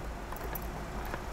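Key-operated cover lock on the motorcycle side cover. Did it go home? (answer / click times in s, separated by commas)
no / none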